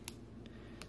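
A film leader retriever inserted into a 35 mm film canister is wound. Its tongue gives a loud, sharp click at 0.1 s, which means it has caught the film leader inside the cassette, followed by softer ticks at about 0.5 s and 0.8 s over a low steady hum.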